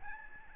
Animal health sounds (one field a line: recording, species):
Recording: mosquito wingbeat signal from an infrared sensor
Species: Aedes albopictus